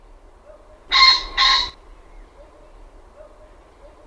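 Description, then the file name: Common pheasant giving a loud, coarse double crow, two grating syllables about half a second apart, then quiet. "FASAANI"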